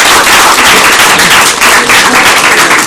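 A crowd applauding loudly and steadily, many hands clapping in a dense, continuous patter throughout with no voices heard.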